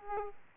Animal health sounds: mosquito wingbeat signal from an infrared sensor; Aedes aegypti

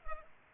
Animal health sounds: mosquito wingbeat signal from an infrared sensor; Culex pipiens

